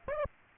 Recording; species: mosquito wingbeat signal from an infrared sensor; Aedes aegypti